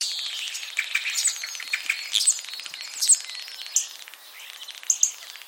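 Common starling chatter: busy, overlapping squeaks and clicks with several louder sharp notes at irregular intervals over a few seconds.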